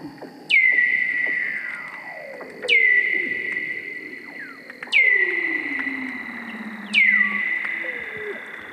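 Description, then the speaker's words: Weddell seal underwater song: four eerie space-like calls roughly every two seconds, each a sharp falling sweep into a held high tone, with slow sliding low tones beneath and crackling background. Underwater hydrophone recording through a hole in sea ice near Scott Base, Antarctica, breeding area; space-like, bird-like and jungle-like song with background clicks and crackling probably from snapping shrimps. "All of those sounds, the space sounds, those bird calls, jungle sounds, everything is seal song."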